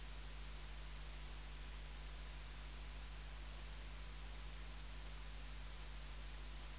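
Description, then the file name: Saddle-backed bush-cricket chirping: crisp, hissy, very high bursts spaced evenly, nine in about seven seconds, over a soft constant hum. "Ephippiger cruciger"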